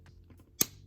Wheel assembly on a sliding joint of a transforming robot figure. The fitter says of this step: so on a tight slider here you can hear it click